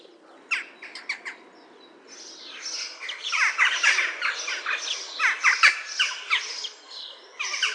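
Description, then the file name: Jackdaw calls: a few quieter clipped notes at first, then a long, dense flurry of short, harsh, overlapping squawks and chattering calls. "KAWKA"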